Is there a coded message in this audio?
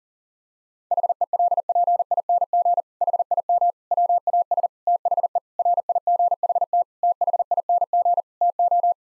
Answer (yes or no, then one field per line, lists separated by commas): yes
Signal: Morse code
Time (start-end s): 0.9-8.9 s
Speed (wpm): 37 wpm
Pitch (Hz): 700 Hz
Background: none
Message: HELPING HIM WAS THE RIGHT THING TO